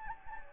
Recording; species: mosquito wingbeat signal from an infrared sensor; Anopheles gambiae